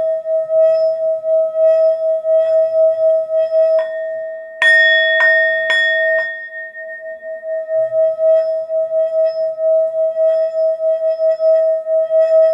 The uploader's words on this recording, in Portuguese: Tigela Tibetano.